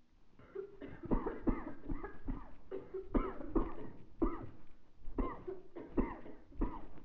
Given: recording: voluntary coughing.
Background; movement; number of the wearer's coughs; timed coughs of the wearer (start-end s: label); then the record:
a bystander coughing; sitting; 10
1.08-1.40 s: cough
1.44-1.79 s: cough
1.87-2.18 s: cough
2.27-2.60 s: cough
3.12-3.44 s: cough
3.53-3.84 s: cough
4.19-4.52 s: cough
5.15-5.48 s: cough
5.95-6.27 s: cough
6.58-6.88 s: cough
From the record:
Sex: female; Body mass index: 36.4 kg/m2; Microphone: on the chest, facing the body